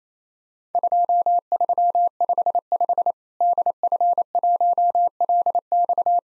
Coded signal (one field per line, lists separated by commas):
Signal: Morse code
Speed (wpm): 27 wpm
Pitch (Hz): 700 Hz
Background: none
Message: 2355 DF1LX